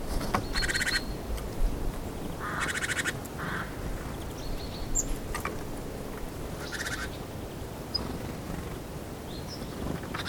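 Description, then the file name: Great tit calls: short rasping buzzy churrs in a few bursts, separated by gaps, over steady low background noise. "Parus major"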